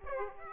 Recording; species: mosquito wingbeat signal from an infrared sensor; Aedes aegypti